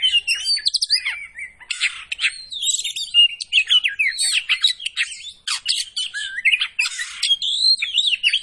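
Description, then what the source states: Oriental magpie-robin pouring out continuous, varied song: sweet whistles, trills, harsh chatters and sharp notes tumbling together without a break. Kacer poci type, singing gacor (vigorously).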